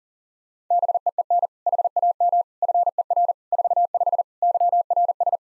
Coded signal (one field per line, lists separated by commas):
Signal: Morse code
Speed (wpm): 40 wpm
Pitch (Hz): 700 Hz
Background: none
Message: BEEN HAM FER 45 YRS